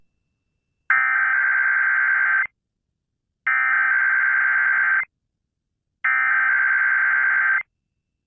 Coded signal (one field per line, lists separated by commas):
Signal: Emergency Alert System (SAME) tones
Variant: header bursts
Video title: Kdka test eas #2